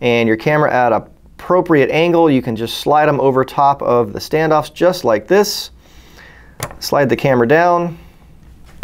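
Someone talks while bent camera mount brackets holding the FPV camera on a Rotor Riot Outlaw sub-250g 5-inch freestyle drone are slid down over the frame standoffs. A couple of brief handling taps come near 6.6 and 6.7 seconds and another at the very end. Nothing has popped into place or seated yet.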